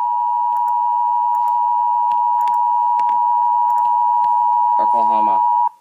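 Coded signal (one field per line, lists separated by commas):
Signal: Emergency Alert System (SAME) tones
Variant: 853 and 960 Hz attention tone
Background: speech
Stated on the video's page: EAS required monthly test for all of Oklahoma.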